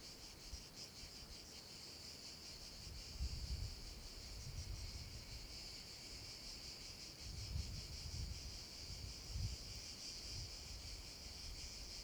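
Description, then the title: Continuous shrill cicada buzz with rhythmic pulsing, accompanied by intermittent low wind gusts. Cicadas in an abandoned quarry, with wind; recorded with a Zoom H6 and MS capsule. "Cava abbandonata - Vento e cicale nella cava"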